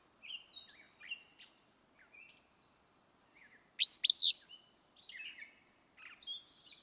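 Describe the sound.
Willow Flycatcher sings one sharp, burry two-part phrase midway, amid thin, high twittering and chirps from other birds.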